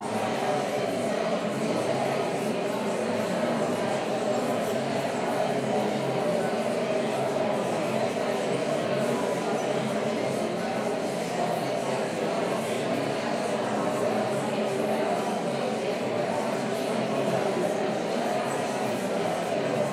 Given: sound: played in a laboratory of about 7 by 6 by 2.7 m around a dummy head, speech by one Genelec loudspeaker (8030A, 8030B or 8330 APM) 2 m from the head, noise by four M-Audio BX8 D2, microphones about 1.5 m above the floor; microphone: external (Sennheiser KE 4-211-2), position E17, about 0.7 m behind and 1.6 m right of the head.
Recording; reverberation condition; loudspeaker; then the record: babble noise; high; four, about 170 cm from the corners of the room and facing them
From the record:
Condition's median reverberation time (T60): about 1300 ms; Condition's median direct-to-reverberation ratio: about -4.0 dB